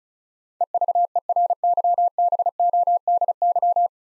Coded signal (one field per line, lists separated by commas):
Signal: Morse code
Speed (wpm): 36 wpm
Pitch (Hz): 700 Hz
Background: none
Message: EVERYBODY